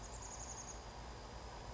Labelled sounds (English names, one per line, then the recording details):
Chestnut-backed Chickadee
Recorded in Sonoma County, California